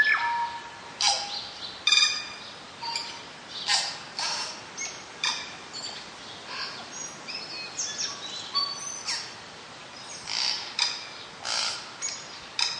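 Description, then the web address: Tui song: a varied sequence of short bursts, clicks and wheezy, breathy notes with a few pure tonal notes, delivered in uneven phrases. Northland bush, New Zealand. "Lynne Music Northland-Bush-Tui"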